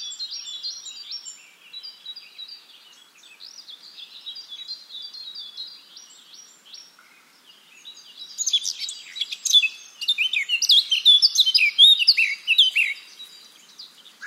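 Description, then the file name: Eurasian blackcap song: a soft, scratchy twittering warble for several seconds, then a louder, richer burst of fluting, tumbling notes toward the end. "Sylvia atricapilla"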